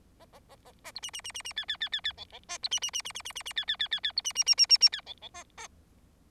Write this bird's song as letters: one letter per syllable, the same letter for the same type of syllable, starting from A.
A A A A A B C C C C C D D D D D E E A B C C C C C C C C D D D D D B C C C C C C D E E A A